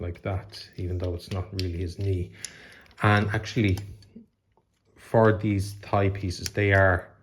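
A plastic thigh piece of a Studio Series 86 Long Haul figure is being handled for fitting into the figure's leg while someone talks. Two faint ticks occur around 4.2 s and 4.6 s during a pause. Nothing has seated or clicked into place yet.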